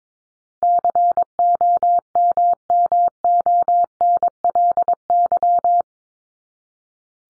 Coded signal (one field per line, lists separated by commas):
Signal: Morse code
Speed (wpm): 22 wpm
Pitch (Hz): 700 Hz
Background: none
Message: COMMONLY